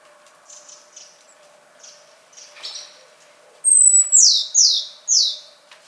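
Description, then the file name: Great tit song: a few faint high notes, then a sharp whistled note followed by three loud, slurred descending notes in quick succession. "Parus major"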